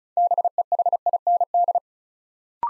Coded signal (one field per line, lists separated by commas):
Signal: Morse code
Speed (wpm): 36 wpm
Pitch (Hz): 700 Hz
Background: none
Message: BEHIND